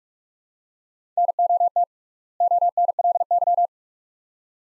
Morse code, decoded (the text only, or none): NOT ONLY